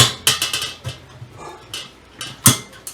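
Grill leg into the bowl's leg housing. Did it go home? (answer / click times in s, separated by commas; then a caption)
no / none. A grill leg for a 22.5" Weber kettle grill is handled and pushed into the leg housing on the other side of the bowl, making a series of sharp knocks and rattles, with the strongest at about 0.3, 0.4 and 2.5 seconds. Nothing has seated or clicked yet.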